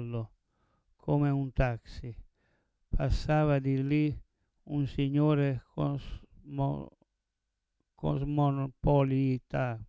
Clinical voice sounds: read passage; Italian; male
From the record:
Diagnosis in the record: Parkinson's disease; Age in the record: 70 years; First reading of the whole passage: 112 s, 4.6 characters per second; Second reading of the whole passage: 107 s, 4.9 characters per second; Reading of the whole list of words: 68 s, 4.1 characters per second

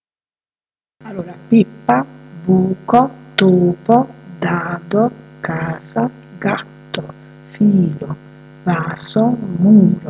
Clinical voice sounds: read list of words; Italian; female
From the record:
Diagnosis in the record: healthy control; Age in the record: 62 years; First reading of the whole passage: 101 s, 4.7 characters per second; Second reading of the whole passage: 77 s, 5.9 characters per second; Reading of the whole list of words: 66 s, 3.9 characters per second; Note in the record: marked for poor recording quality or reading difficulty

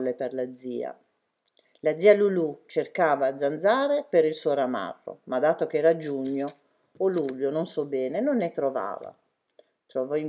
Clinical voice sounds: read passage; Italian; female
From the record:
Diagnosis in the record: healthy control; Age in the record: 69 years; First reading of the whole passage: 64 s, 7.9 characters per second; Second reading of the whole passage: 54 s, 9.5 characters per second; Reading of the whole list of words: 33 s, 8.4 characters per second

